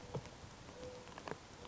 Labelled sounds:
Mourning Dove (Zenaida macroura)
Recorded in Sonoma County, California

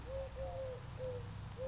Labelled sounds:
Eurasian Collared Dove (Streptopelia decaocto)
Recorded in Sonoma County, California

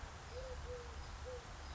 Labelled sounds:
Eurasian Collared Dove (Streptopelia decaocto)
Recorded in Sonoma County, California

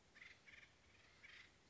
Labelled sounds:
Acorn Woodpecker (Melanerpes formicivorus)
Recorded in Sonoma County, California

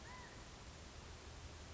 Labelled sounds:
California Quail (Callipepla californica)
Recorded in Sonoma County, California

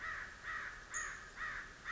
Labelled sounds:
American Crow (Corvus brachyrhynchos)
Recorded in Sonoma County, California

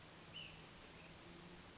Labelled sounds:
Ash-throated Flycatcher (Myiarchus cinerascens)
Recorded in Sonoma County, California

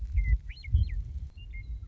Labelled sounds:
Western Meadowlark (Sturnella neglecta)
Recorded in Sonoma County, California

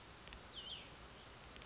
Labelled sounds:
Cassin's Vireo (Vireo cassinii)
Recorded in Sonoma County, California

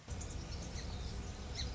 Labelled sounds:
Song Sparrow (Melospiza melodia)
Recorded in Sonoma County, California

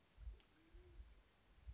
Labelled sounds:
Band-tailed Pigeon (Patagioenas fasciata)
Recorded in Sonoma County, California

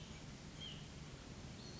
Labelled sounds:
White-breasted Nuthatch (Sitta carolinensis)
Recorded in Sonoma County, California

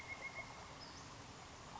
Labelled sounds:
Western Flycatcher (Empidonax difficilis)
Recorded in Sonoma County, California

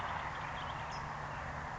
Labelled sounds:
California Towhee (Melozone crissalis)
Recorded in Sonoma County, California

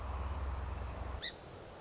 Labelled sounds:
Song Sparrow (Melospiza melodia)
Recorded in Sonoma County, California

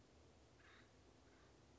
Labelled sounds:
Acorn Woodpecker (Melanerpes formicivorus)
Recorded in Sonoma County, California

